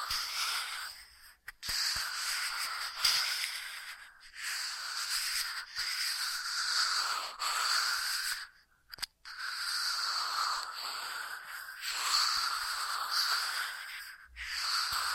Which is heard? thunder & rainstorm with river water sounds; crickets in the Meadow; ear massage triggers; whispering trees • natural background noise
ear massage triggers